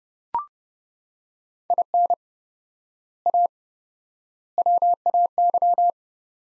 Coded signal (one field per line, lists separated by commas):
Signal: Morse code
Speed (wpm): 30 wpm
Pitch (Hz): 700 Hz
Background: none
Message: IN A WAY